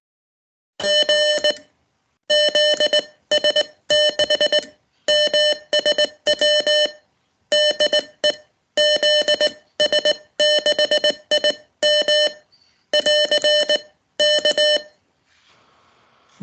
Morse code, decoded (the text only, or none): G ZS6MSW DE ZS6IM <AR> K